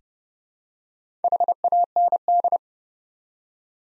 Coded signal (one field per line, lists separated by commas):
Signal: Morse code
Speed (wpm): 30 wpm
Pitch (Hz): 700 Hz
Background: none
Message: HAND